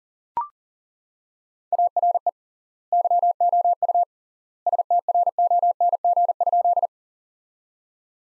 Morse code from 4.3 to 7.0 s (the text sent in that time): STRONG?